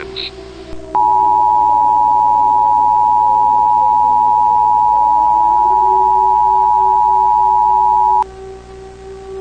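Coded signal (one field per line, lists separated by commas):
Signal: Emergency Alert System (SAME) tones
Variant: 853 and 960 Hz attention tone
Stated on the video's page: Fictional nuclear-infection scenario SAME alert.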